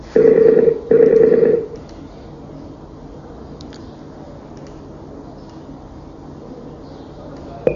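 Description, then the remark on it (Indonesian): A telephone ringing tone as a call is placed again, sounding in two steady, mid-pitched bursts with a short gap between them, then giving way to a quiet line hiss broken by a few faint clicks. “ana matikan, kita telepon lagi.”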